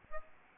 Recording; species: mosquito wingbeat signal from an infrared sensor; Aedes albopictus